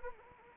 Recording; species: mosquito wingbeat signal from an infrared sensor; Anopheles arabiensis